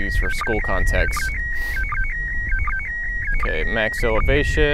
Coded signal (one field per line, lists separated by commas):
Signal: SSTV (slow-scan television)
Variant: PD 180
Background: speech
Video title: Spacesuit MAI-75 Image! - Last Pass of April 2016 ISS SSTV Event - Video #4